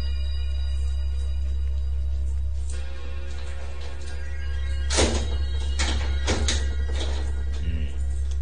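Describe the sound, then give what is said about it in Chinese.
A spare key rattles and clicks in the lock of a storeroom door, followed by a series of sharp metallic clunks and thumps as the door is worked open, all over a steady low hum. “好在随身带备锁匙，等我开门入去检查下先得。”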